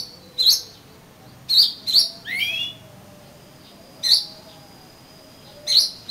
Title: suara kacer